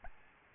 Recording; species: mosquito wingbeat signal from an infrared sensor; Aedes albopictus